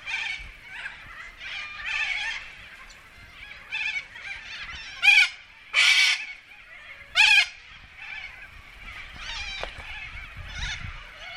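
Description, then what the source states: Corellas calling, a run of raspy chatter broken by three loud harsh screeches, then more overlapping squawks. Pilbara, Australia.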